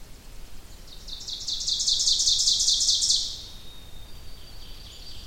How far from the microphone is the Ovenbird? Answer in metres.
about 15 m